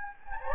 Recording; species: mosquito wingbeat signal from an infrared sensor; Anopheles gambiae